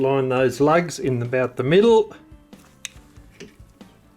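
Someone talks for the first two seconds while the steel cap (top plate) is being pressed down into the brass mainspring barrel of a German Kienzle mantle clock. This is followed by quiet handling ticks, including a sharp tap at 2.9 s and a softer one at 3.4 s. The cap has not clicked in yet, and nothing has seated by the end of the clip.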